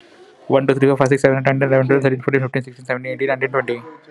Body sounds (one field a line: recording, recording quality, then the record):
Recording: counting at a fast pace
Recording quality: excellent, no background noise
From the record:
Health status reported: COVID-19 positive, no symptoms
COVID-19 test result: positive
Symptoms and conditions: none ticked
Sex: male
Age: 30 years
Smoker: not ticked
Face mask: not worn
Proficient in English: yes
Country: India